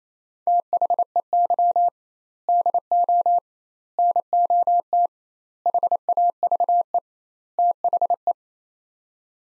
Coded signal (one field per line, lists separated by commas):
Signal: Morse code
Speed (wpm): 27 wpm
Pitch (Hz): 700 Hz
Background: none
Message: THEY DO NOT HAVE THE